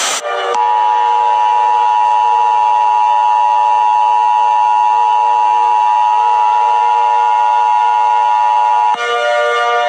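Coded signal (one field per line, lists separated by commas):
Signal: Emergency Alert System (SAME) tones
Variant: 853 and 960 Hz attention tone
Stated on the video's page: Fictional EAS scenario.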